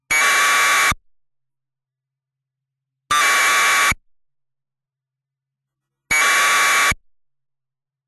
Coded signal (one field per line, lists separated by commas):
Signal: packet radio (AX.25, as in APRS)